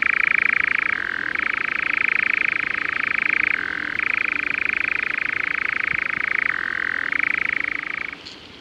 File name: European Nightjar (Caprimulgus europaeus)